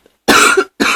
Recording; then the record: coughing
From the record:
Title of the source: 64 coughing, allergies, singing lungs